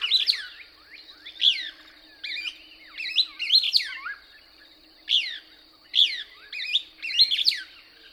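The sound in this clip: Couch's Kingbird song: repeated bursts of sharp, twittering slurred notes in quick succession over a steady high hum.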